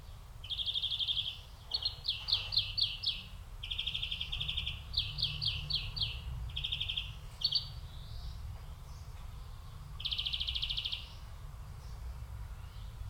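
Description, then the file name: European greenfinch calls, bursts of rapid dry trilled notes in several series throughout, with low rumbling background noise. "Chloris chloris"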